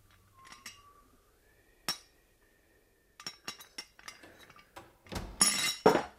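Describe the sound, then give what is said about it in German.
Dishes and a coffee pot clink and clatter in a string of sharp, bright knocks, scattered at first, then building into a louder burst of rattling crockery near the end. No voices. “Was machst du denn mit der Kaffeekanne?”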